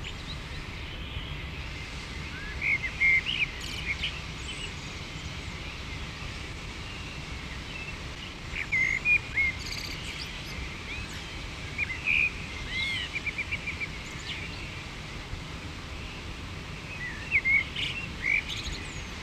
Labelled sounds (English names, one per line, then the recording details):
Common Blackbird song
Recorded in the wild
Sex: male
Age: adult
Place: Garmisch-Partenkirchen, Bayern, DE
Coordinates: 47.4917, 11.0789
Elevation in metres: 703
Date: 1969-04-12
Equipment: Uher 4000, Sennheiser MKH 405
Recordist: Tretzel, Erwin